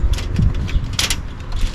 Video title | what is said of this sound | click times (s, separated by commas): Unboxing New Camping Gear | There, locked into place. | 1.0 s